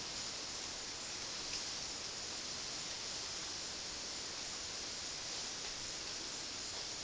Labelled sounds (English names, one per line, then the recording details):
none
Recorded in dense forest near Puerto Asís, Putumayo, Colombia, on 18 February 2024 at 12:30
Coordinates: 0.466, -76.327
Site G6413